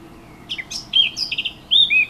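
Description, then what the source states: Warbler song: scattered, varied chirps and fluty whistles, some slurred downward, in an irregular sequence over one and a half seconds. Recorded 15 June 2014 on a MiniDisc recorder.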